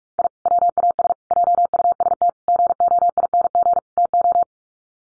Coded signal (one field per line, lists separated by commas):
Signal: Morse code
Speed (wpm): 44 wpm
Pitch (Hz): 700 Hz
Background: none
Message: I WAS JUST GOING TO